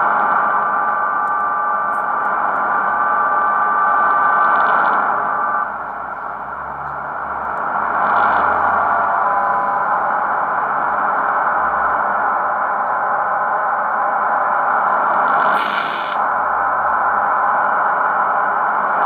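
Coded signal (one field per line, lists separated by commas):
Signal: numbers station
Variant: HM01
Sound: steady wide hissing data signal with faint tones underneath, fading slightly midway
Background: radio static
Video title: HM01 Emisora Cubana de Números 9240 khz con Tecsun PL-660 desde Mendoza (ARG)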